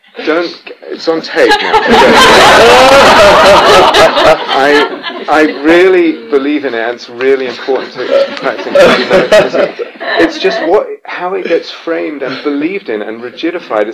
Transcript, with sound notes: It's on tape now! [laughter] I really believe in it, and it's really important to practising... [laughter] It's just how it gets framed and believed in and rigidified.